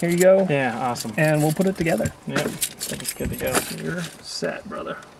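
After a stereo install in a Prius, a plastic dash trim panel is being handled to go back onto the car dashboard while someone talks and keys jangle. Nothing has seated or clicked into place yet.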